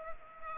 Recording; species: mosquito wingbeat signal from an infrared sensor; Culex pipiens